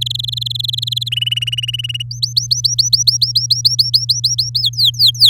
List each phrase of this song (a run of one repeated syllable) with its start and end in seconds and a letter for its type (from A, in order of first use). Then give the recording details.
0.01-1.09 A, 1.12-2.02 B, 2.11-4.61 C, 4.62-5.30 D. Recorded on 8 May 2018 at 17:01. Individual llb16